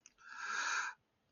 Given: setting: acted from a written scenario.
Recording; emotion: vocal sound without words; fear